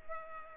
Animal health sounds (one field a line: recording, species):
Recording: mosquito wingbeat signal from an infrared sensor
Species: Culex pipiens